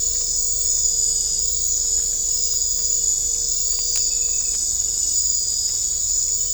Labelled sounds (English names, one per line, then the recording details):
none
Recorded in dense forest near Puerto Asís, Putumayo, Colombia, on 22 December 2024 at 23:30
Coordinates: 0.500, -76.322
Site G053